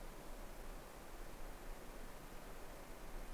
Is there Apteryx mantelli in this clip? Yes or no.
no